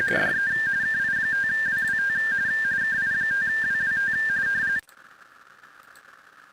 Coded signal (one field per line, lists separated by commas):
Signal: RTTY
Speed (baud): 45.45 baud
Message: DE KI5WWT KI5WWT